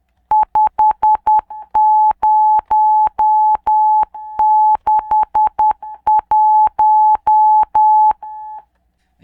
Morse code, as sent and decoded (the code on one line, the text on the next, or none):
..... ----- -.... .----
5061